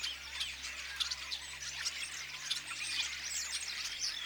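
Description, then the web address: Common starlings in a dense chorus, overlapping high chirps, whistles and clicks, continuous chatter without pause throughout. Apparently young starlings singing together in chorus; recorded 22 August 2026. "paivat 22 8 2026 ilmeisesti tassa nuoret kottaraiset laulavat kuorossa"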